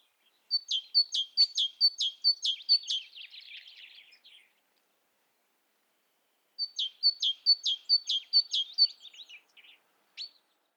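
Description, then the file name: Great tit giving rapid bright high notes that trail into a scratchy twitter, a pause, then another quick run of sharp notes. "Parus major"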